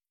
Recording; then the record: hydrophone in a shrimp aquaculture tank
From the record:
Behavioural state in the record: starved